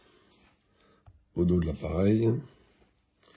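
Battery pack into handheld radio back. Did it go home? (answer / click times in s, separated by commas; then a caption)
no / none. A battery pack is handled at the back of an Icom ID-52E handheld VHF/UHF D-STAR radio while someone talks, with a faint tap at 1.1 s. Nothing has seated or clicked yet; the pack is not yet home.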